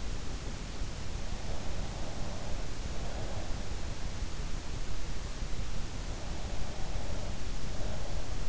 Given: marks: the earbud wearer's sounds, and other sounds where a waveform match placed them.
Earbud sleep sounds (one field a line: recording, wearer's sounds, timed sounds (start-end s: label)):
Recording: sounds in sleep by an in-ear microphone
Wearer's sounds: breath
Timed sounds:
2.05-3.68 s: breath
6.57-8.49 s: breath